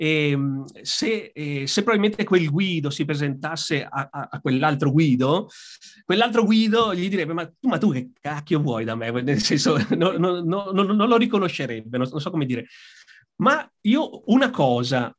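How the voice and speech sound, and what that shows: An adult man speaking Italian with marked stuttering. He stutters very, very much, a stutter that has caused him great suffering since adolescence. His speech has frequent syllable and word repetitions, such as "a, a, a", "ma tu, ma tu" and "no, no, no, non", along with filled hesitations and pauses between phrases. He laughs briefly partway through.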